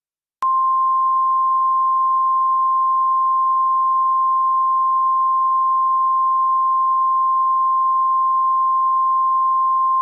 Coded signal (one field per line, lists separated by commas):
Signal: Emergency Alert System (SAME) tones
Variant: 1050 Hz attention tone